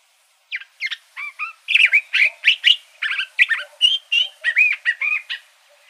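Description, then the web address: Curve-billed thrasher giving a song of many rhythmic, slurred whistled notes, several rising then dropping. Recorded in Arizona. "Mimids CBTH. Deviche"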